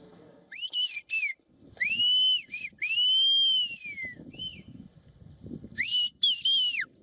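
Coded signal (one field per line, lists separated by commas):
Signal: whistled language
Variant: High Atlas Amazigh whistled speech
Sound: a loud human whistle gliding up and down in about six phrases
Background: faint low background rumble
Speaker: The whistling, much more than a simple signal, is a true language passed down from generation to generation by the shepherds of the Amraoui family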